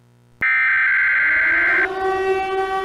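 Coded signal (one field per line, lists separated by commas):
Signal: Emergency Alert System (SAME) tones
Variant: header bursts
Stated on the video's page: Fictional EAS scenario, not a real alert.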